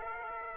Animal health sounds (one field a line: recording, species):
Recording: mosquito wingbeat signal from an infrared sensor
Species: Aedes aegypti